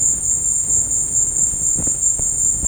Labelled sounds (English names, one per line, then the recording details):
none
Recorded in dense forest near Puerto Asís, Putumayo, Colombia, on 26 December 2024 at 14:00
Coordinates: 0.481, -76.323
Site G100